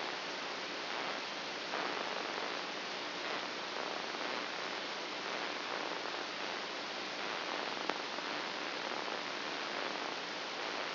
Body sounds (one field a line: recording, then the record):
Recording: brain microelectrode recording played as sound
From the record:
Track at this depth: inside the subthalamic nucleus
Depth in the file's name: 3.004 mm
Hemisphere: right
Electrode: 2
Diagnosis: Parkinson's disease